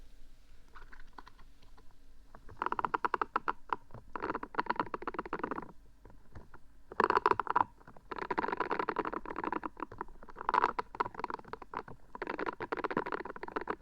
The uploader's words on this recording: ASMR very odd & unsual triggers hollow tube, paw cleaning silicone, stress balls & more.